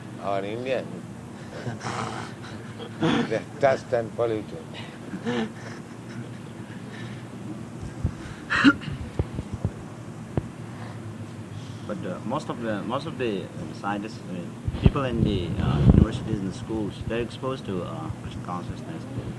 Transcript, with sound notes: Our Indian, they are touched and polluted. [laughter]
But most of them, most of the scientists, people in the universities and schools, they are exposed to Kṛṣṇa consciousness.